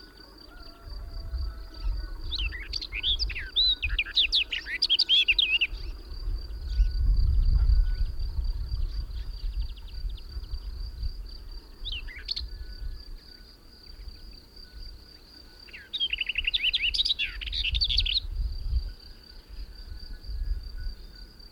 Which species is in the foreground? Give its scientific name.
Sylvia nisoria